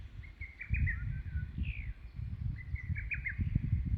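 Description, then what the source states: Lesser cuckoo song: two quick runs of whistled staccato notes with a single falling note between them, over steady low rumble. Recorded on 2 June 2022.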